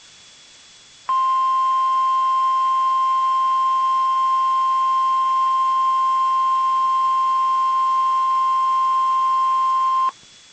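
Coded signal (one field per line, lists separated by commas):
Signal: Emergency Alert System (SAME) tones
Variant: 1050 Hz attention tone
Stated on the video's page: Severe thunderstorm outbreak alerts from NOAA Weather Radio stations in Fort Worth, Dallas, Waco, Tyler and Tomball, Texas.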